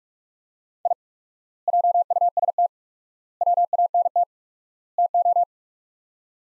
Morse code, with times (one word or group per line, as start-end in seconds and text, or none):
0.9-0.9 I
1.7-2.7 JUST
3.4-4.2 WANT
5.0-5.4 TO